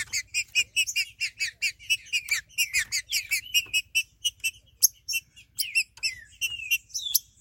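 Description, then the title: Green-winged saltator delivering a rapid stream of repeated bright chirps, loosening into sliding whistled notes toward the end. "Trinca Ferro"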